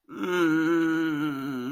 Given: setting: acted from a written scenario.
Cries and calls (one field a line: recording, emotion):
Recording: vocal sound without words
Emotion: guilt